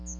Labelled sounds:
Chestnut-sided Warbler flight call

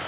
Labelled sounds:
Cape May Warbler flight call

